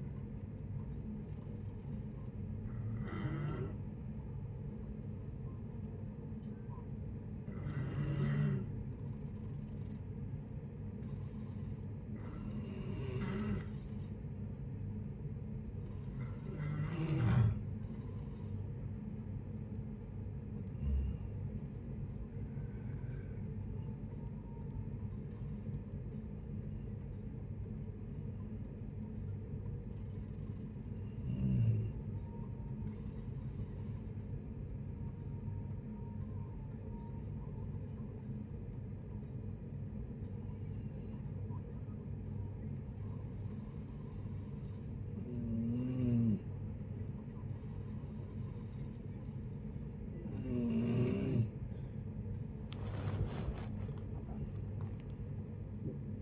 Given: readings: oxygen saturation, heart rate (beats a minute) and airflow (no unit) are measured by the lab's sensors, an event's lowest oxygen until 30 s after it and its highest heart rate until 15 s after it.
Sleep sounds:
a person awake in a sleep study, by a smartphone at the bedside; none
0.00-56.22 s: awake
0.00-56.22 s: awake
From the record:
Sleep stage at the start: awake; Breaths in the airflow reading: 20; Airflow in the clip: -0.7 to 0.6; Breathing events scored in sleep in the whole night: 496 in 5.4 hours asleep

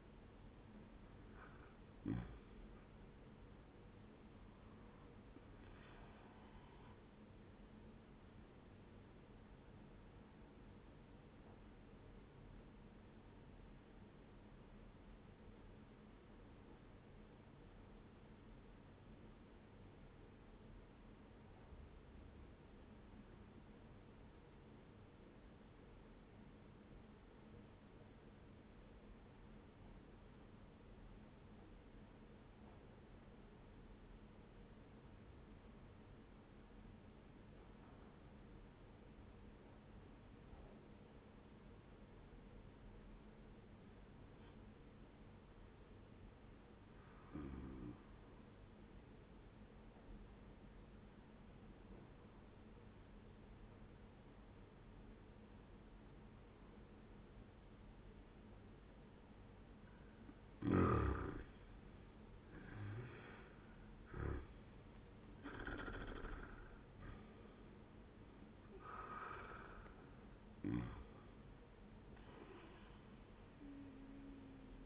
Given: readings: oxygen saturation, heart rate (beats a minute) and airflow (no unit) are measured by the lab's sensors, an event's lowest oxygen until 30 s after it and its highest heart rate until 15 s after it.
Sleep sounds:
breathing in sleep by a voice recorder at the bedside; 1
3.00-33.00 s: new sleep stage, N1 (lightest sleep)
13.00-60.90 s: obstructive apnea (N1, oxygen 98% highest, then 83% lowest, heart rate 75 at the start, 86 highest)
33.00-63.00 s: new sleep stage, N2 (light sleep)
63.00-74.86 s: new sleep stage, N1 (lightest sleep)
From the record:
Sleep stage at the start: N2 (light sleep); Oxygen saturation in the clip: 84 to 98%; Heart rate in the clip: 67 to 86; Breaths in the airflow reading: 5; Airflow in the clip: -14.3 to 13.7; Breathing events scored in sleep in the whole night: 131 in 7.2 hours asleep

